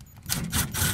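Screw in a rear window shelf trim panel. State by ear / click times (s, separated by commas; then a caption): stripped / 0.3 s. A driver works at a screw in the rear window shelf trim panel of a 1969 El Camino while the panel is being removed, making bursts of rubbing, scraping noise. A sharp click at 0.3 s stands out. The screw strips out instead of coming free.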